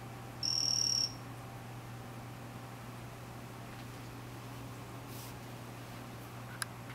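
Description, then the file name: Vanzolini's poison frog utters a single high, flat buzzy trill near the start, then quiet background hum with a couple of faint clicks. "Ranitomeya Vanzolinii calling"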